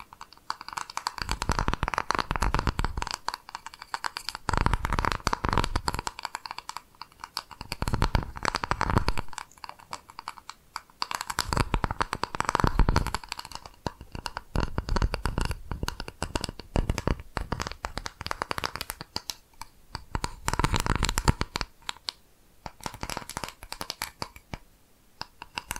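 Brisk tapping and scratchy rubbing come in dense bursts of a few seconds each, separated by brief quieter gaps. The taps are rapid and crisp, reaching from low thumps up to bright ticks, with a faint steady tone holding underneath throughout.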